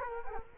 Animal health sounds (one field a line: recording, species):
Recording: mosquito wingbeat signal from an infrared sensor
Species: Culex quinquefasciatus